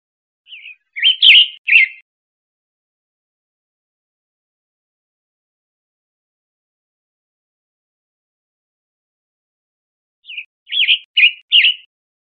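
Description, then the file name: Western tanager calls: a short burst of three or four hoarse, burry notes, then a long silence and a second similar burst near the end. Recorded 1 May 2005. "CR WETA 1 050501"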